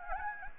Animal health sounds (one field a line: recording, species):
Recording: mosquito wingbeat signal from an infrared sensor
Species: Anopheles gambiae